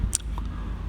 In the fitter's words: cukup berikan sedikit dorongan dia pun juga bisa terkunci dengan baik ya oke